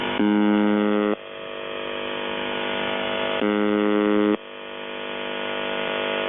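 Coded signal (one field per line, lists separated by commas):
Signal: channel marker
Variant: UVB-76 (The Buzzer)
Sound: two harsh one-second low buzzes about three seconds apart, hiss in between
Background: radio static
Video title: Russian radio making weird noises since 1976 #mysterious #radio #uvb76 #haunted #secret #scarycore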